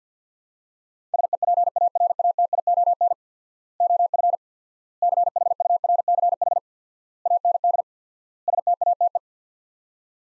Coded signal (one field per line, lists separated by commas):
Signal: Morse code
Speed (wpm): 50 wpm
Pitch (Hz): 700 Hz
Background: none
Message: SEPARATION OF CHURCH AND STATE